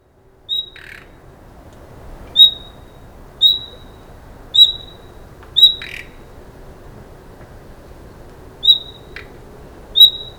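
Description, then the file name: Common nightingale: a string of clear, high single whistles, with a few short scratchy rasps between them. "Luscinia megarhynchos"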